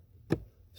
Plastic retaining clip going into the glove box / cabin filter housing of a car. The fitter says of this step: fit it in there i heard that click make sure all four of them